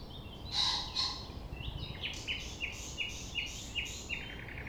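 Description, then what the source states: Common nightingale song: two loud, rich notes, then a regular series of sharp descending notes, over low background noise. Recorded at 6 A.M. at sunrise near the Thève, Champ de Ménage; the nightingale sings without waiting for silence.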